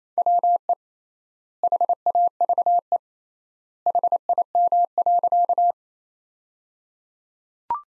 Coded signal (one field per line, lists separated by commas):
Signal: Morse code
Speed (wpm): 27 wpm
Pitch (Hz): 700 Hz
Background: none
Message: WE HAVE HIM.